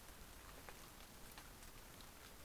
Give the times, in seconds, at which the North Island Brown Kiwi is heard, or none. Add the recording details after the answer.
none. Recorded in New Zealand on 20 November 2013. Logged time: 22:29. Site CH69